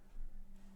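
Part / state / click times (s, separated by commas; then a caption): plastic wheel or brick part onto the pins of a toy brick train chassis / not seated / none. A plastic wheel or brick part is handled over the pins of a toy brick train chassis from the Lego 3 in 1 mini Diesel Train set #4837, while the train wheel assembly is being built. Only soft handling noise is heard over a steady low hum. Nothing has snapped or seated yet.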